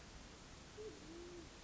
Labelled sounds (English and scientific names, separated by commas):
Band-tailed Pigeon (Patagioenas fasciata)